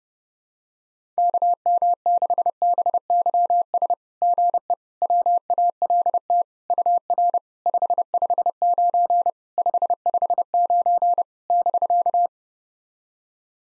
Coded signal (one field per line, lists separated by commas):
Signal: Morse code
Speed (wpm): 31 wpm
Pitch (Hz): 700 Hz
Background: none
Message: KM6BYS GE WALT UR 559 559 <BK>